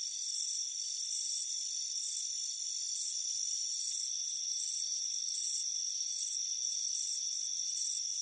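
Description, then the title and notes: Crickets chirp in high, evenly spaced bursts a little over once a second, with constant thin insect trilling underneath. "Soothing Crickets Chirping Sound. It's a warm afternoon as you relax in a hammock on the front porch. Relax and fall asleep to the soothing sound of chirping crickets. Deep Sleep Sounds"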